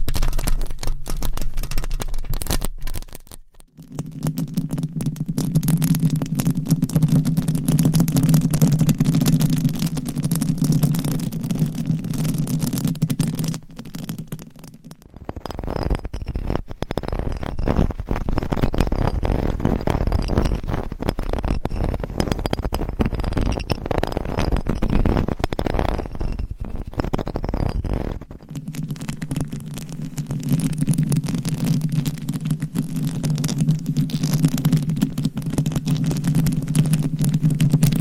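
Scratching and tapping on different items, with a steady low rumbling drone from about 4 to 15 seconds and again after 28 seconds. Between about 15 and 28 seconds the sound turns to dense, bright, rustling scratching. Short clicks and dropouts mark the changes.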